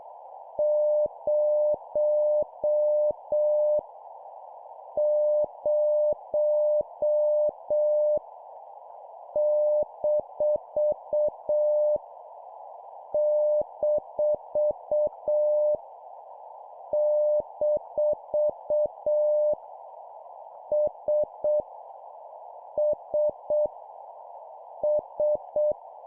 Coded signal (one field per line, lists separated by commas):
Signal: Morse code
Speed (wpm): 7 wpm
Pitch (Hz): 600 Hz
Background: none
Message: 0 0 - - - S S S